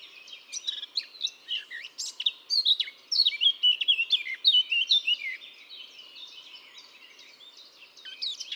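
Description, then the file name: Eurasian blackcap warbling song, a fast jumble of twittering and fluty notes, then softer chatter toward the end. "Sylvia atricapilla"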